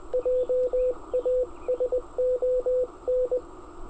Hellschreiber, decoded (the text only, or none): none